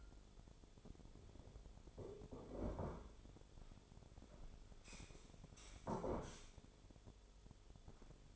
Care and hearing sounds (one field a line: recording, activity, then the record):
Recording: daily activity, microphone in the room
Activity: sit down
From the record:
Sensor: 5